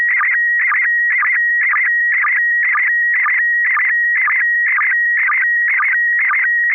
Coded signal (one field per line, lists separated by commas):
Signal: SSTV (slow-scan television)